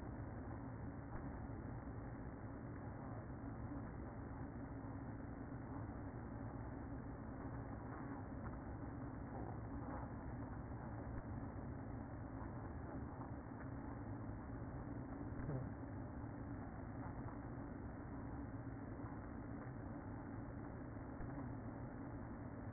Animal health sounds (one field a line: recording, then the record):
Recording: honeybee colony, microphone inside the hive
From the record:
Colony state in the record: queen present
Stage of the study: after two queens were removed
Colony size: about 60,000 bees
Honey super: yes